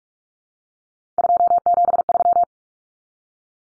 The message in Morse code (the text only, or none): 273